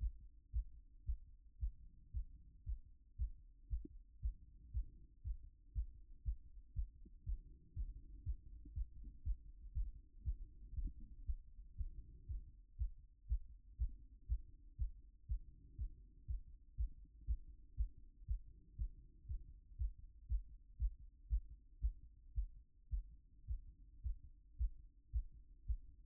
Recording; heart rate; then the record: heart sounds by stethoscope; 119 bpm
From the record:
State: after exercise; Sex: male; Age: 28 years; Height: 180 cm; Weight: 120 kg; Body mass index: 37.04